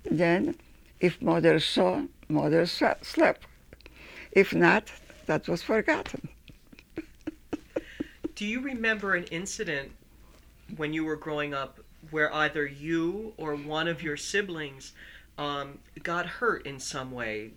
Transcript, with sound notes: then if mother saw, mother slapped. If not, that was forgotten. [Laughs]
Do you remember an incident when you were growing up where either you or one of your siblings got hurt in some way?